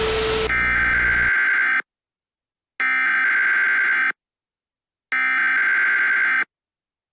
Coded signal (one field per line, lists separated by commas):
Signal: Emergency Alert System (SAME) tones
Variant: header bursts